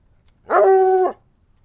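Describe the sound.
Dog voicing a single even, sustained howl lasting roughly two-thirds of a second, starting and ending abruptly, over a quiet background.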